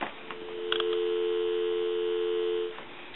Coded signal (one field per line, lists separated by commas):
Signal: telephone call progress tone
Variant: North America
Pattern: dial tone